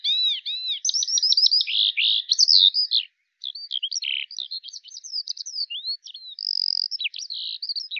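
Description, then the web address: Bird song opening with arched rising-falling notes, then rapid high trills and twittering, a brief pause near three seconds, then varied sharp chirps and whistles. "Deverinetal 2025 File cleaned normalized Bird Al Ar"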